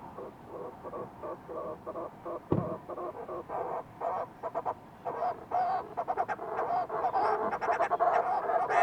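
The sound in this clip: Fulmar prion calling in rhythmic, grating pulses, about two per second, building into denser, louder croaking runs toward the end.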